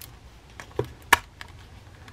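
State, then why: Seated. The plastic right arm of a Marvel Legends Joe Fix-it build-a-figure is pushed onto the torso's ball joint at the shoulder socket. A few faint ticks come before one loud, sharp pop at 1.1 s, followed by a softer tick. The arm pops in and is seated.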